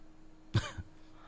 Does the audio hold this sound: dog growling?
no